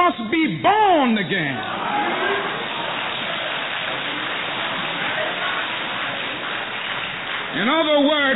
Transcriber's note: applause